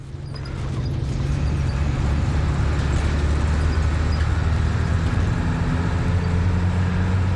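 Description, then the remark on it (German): A bus engine labours with a deep, steady low-pitched drone and rumble, straining continuously as it climbs a serpentine mountain road through the valleys between Kathmandu and Pokhara, loud and unbroken with faint rattles above. “Ganz mühsam quält sich ein Bus, in dem wir sitzen, hier jetzt die Serpentinen hinauf, in den Tälern, die zwischen Kathmandu und Pokhara liegen.”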